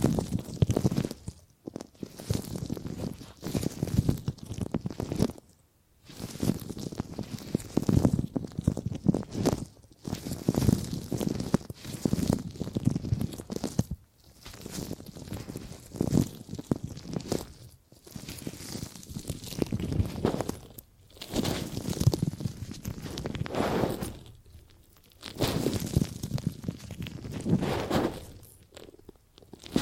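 Gripping and grabbing sounds, a run of dense rustling, crunching handling noises in bursts of a second or two. Short silent gaps break them up around every few seconds, with a longer pause near 5 and 24 seconds. Each burst is full-bodied and rough, steady in texture.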